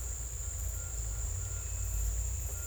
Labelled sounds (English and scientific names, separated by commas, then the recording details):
none
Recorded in secondary vegetation near Puerto Asís, Putumayo, Colombia, on 21 December 2024 at 16:30
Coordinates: 0.468, -76.324
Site G095